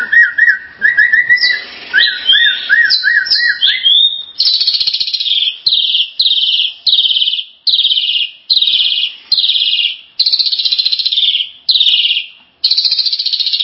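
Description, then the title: Starling song: fast rising whistled notes at first, then a long series of harsh buzzy rattles. "Kicau Burung Jalak"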